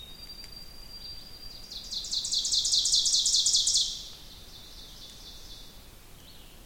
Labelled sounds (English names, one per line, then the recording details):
Ovenbird song
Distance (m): 20 m
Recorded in boreal forest in Alberta, Canada, on 2 June 2016 at 06:34
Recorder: SongMeter 3, array SBT-3-7
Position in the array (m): 193 m, 3 m
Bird 6